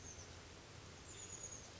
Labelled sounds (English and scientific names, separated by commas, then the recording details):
Chestnut-backed Chickadee (Poecile rufescens)
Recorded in Sonoma County, California